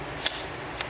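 A plastic lens hood is twisted onto the front bayonet of a Tamron 17-70 mm F2.8 zoom lens on a Sony A6400 camera. A short scrape or tick at 0.3 s is followed by a sharp click at 0.8 s as the hood locks into place, fully seated.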